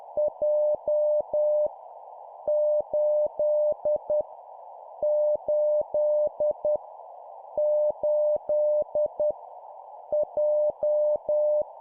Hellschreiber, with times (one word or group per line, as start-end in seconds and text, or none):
none